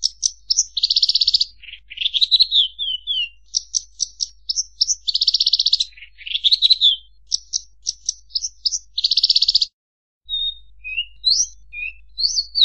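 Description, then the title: Javan bush lark delivering a busy song of quick high chirps alternating with rich buzzy trills and rising-falling slurs, a short gap, then softer scattered whistles. "Suara Burung Branjangan"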